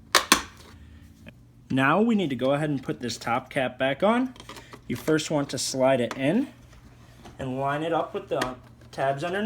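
The lower mirror glass of a dual-function GM tow mirror with signal and running lights is pushed down onto its mounting clips in the mirror housing. A loud snap at 0.3 s shows the glass is seated. Afterward, someone talks.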